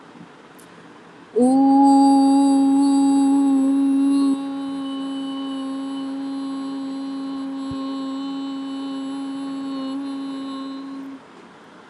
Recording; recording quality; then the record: sustained vowel as in boot; excellent, no background noise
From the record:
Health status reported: healthy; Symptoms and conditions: none ticked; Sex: female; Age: 28 years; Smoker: not ticked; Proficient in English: yes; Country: India